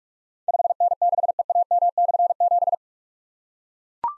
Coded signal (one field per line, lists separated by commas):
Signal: Morse code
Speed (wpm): 44 wpm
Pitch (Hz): 700 Hz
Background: none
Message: 5N6EAM/7